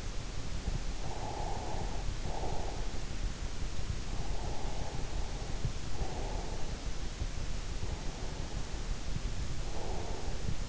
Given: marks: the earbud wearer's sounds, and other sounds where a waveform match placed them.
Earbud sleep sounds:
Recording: sounds in sleep by an in-ear microphone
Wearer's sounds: breath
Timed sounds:
0.69-3.23 s: breath
4.14-7.06 s: breath
7.45-10.69 s: breath

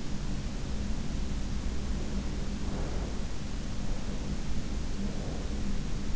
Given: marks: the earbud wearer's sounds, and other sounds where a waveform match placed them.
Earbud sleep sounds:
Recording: sounds in sleep by an in-ear microphone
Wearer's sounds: breath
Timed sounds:
1.92-3.24 s: breath
3.83-5.74 s: breath

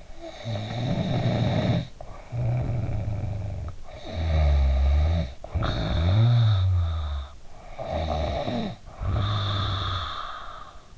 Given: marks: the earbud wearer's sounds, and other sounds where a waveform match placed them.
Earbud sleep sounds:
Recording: sounds in sleep by an in-ear microphone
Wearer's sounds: snoring breath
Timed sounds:
0.00-3.81 s: snoring breath
3.99-7.24 s: snoring breath
7.46-10.98 s: snoring breath

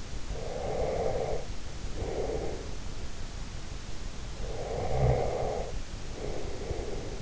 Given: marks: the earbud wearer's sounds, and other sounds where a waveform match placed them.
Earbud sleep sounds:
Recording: sounds in sleep by an in-ear microphone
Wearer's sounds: breath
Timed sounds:
0.22-2.76 s: breath
4.31-7.22 s: breath

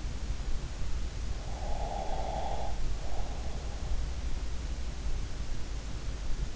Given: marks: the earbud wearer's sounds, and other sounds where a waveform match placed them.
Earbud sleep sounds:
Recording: sounds in sleep by an in-ear microphone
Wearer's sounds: breath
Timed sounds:
1.58-3.41 s: breath

